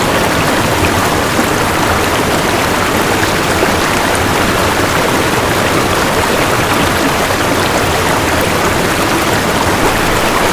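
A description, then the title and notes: A babbling stream of running water rushes steadily, dense and unbroken from start to finish. The sound is full, with a bright hiss of splashing over a softer churning underneath, and no other sounds intrude. Babbling Streams: Running Water. Water, running water, steam, creek.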